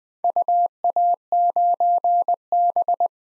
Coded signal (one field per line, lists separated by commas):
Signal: Morse code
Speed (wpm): 20 wpm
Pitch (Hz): 700 Hz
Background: none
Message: UA9B